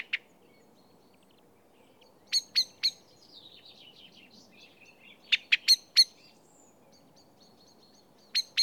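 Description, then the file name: Common blackbird giving hard, metallic clicking calls in short groups of up to four, with quiet warbling notes in between. "Turdus merula"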